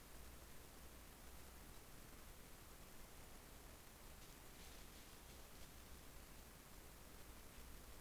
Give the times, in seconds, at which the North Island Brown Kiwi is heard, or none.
none